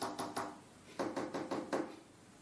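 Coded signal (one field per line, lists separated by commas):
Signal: tap code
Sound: three quick knocks on a table, short pause, then five more knocks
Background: small room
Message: P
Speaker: But it's the knock code.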